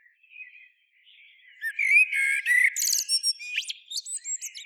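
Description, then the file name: Common blackbird song phrase: soft fluty notes build into clearer warbles, then break into a run of high, rapid twittering and squeaks. "Turdus merula"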